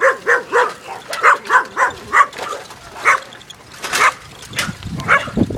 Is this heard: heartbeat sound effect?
no